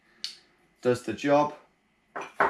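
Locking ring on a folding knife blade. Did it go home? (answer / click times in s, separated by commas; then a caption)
yes / 0.2 s. The metal locking ring on an open folding knife is twisted shut so the blade locks open, giving a single sharp snap at 0.2 s as it locks in place. Someone then talks, and another sharp sound comes near the end at 2.4 s.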